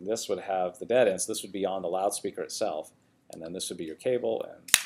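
Someone talks while handling a four-pin loudspeaker cable connector and the matching panel connector on the loudspeaker, showing the cable end that is about to be pushed in. The clip ends before the connector goes home, so nothing has seated or clicked yet.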